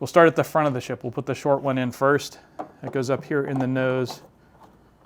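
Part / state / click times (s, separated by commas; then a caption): plastic landing gear leg into toy ship hull / not seated / none. Someone talks while handling the short plastic landing gear leg, positioning it to go up into the nose of the toy ship. Nothing has seated or clicked into place yet when the clip ends.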